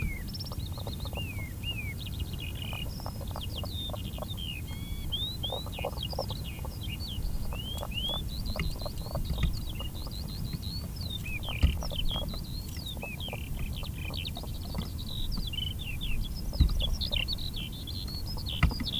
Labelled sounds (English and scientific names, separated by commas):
Common Spadefoot (Pelobates fuscus) call